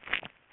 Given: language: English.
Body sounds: throat vibration sensor signal played as sound; swallow

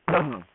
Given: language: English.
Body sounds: throat vibration sensor signal played as sound; throat clearing

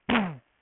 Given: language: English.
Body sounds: throat vibration sensor signal played as sound; throat clearing

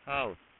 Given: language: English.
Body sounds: throat vibration sensor signal played as sound; speech

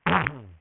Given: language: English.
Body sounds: throat vibration sensor signal played as sound; throat clearing

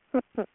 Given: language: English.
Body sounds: throat vibration sensor signal played as sound; speech

